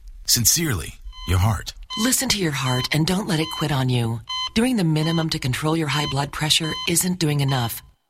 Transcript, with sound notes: Sincerely, your heart.
(heart monitor beeping)
Listen to your heart-
You quit.
... and don't let it quit on you. Doing the minimum to control your high blood pressure isn't doing enough.